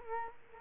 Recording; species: mosquito wingbeat signal from an infrared sensor; Culex quinquefasciatus